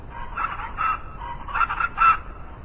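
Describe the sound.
Chachalaca calls: a few harsh, raspy notes in quick succession, growing louder toward the end, over a low background hiss.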